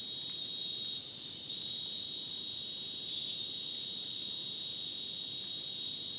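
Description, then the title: Cricket chorus of continuous high-pitched trilling in several stacked tones, unbroken and even throughout. Dense rainforest at Ucumari, Madidi National Park, Bolivia, after sunset; very dense insect chorus like a polyrhythmic electronic concert; AT BP4029 microphone, MixPre 6 recorder. "Madidi National Park, Ucumari, Bolivia - Supersonic Crickets in the rainforest"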